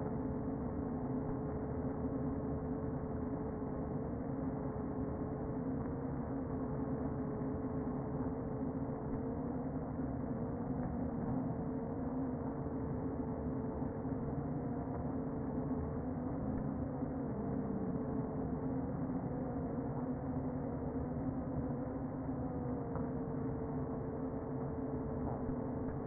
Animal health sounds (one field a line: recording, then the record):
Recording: honeybee colony, microphone inside the hive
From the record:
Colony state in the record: queen present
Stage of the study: before two queens were removed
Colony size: about 60,000 bees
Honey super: yes